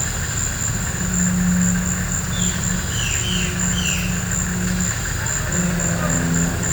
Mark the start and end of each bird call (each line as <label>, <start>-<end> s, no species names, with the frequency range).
bird call (2.2-4.1 kHz), 2.29-2.54 s
bird call (2.1-4.5 kHz), 2.94-3.48 s
bird call (2.0-4.7 kHz), 3.73-4.06 s